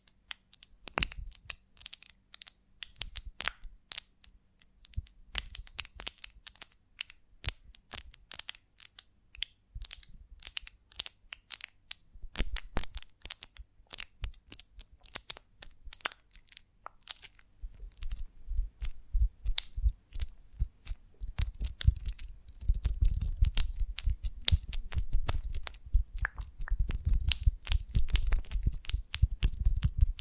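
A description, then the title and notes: A honeycomb on a branch is handled and broken, giving dense, irregular crackles and sharp crunchy snaps throughout. Early on the clicks are lighter and sparser; from about 22 seconds they become heavier and busier, with a deeper thudding crunch underneath. ASMR of a Honeycomb on Branch (No Talking).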